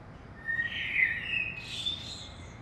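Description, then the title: Common blackbird song: one mellow, warbled phrase in the mid range that lifts into a thin, high twittering flourish at the end, over a steady low background hum. Early morning in Saint-Gilles, Belgium; recorded with a DPA 2006c microphone pair in AB stereo into a Zoom F3 recorder. "Saint-Gilles, Belgique - Blackbird - Merle"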